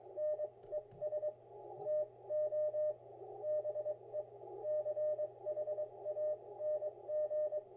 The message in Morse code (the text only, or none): NES TO BE CHANG